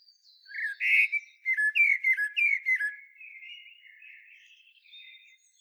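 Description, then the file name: Common blackbird song: a fluty opening note followed by a quick series of slurred whistled notes, fading into soft high twittering. "Turdus merula"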